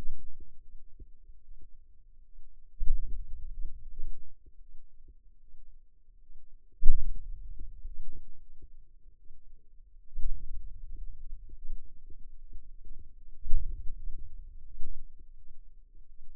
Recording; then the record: forearm muscle sounds (acoustic myography)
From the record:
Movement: hand opening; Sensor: system 2, bracelet of six BSWA MPA416 microphones around the upper forearm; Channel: 6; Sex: female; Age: 23 years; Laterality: right